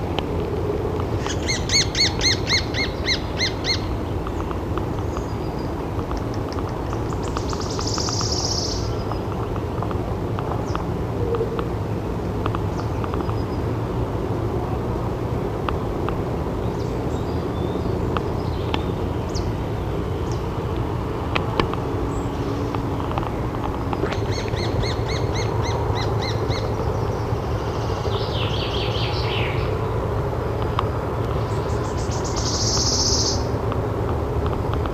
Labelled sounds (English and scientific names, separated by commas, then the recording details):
Lesser Spotted Woodpecker (Dendrocopos minor)
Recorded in the wild
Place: Caldern, DE
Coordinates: 50.8453, 8.67167
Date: 1964-04-16 08:30
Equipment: Uher Report 4000, AKG D190
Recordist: Krey, Winfried
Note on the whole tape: Gesang und Trommeln